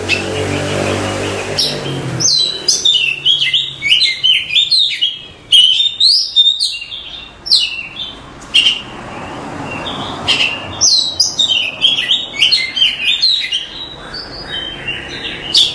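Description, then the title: Oriental magpie-robin singing a long, varied sequence of sharp whistles and chattering notes after a short burst of broad noise at the start. "Suara Kacer"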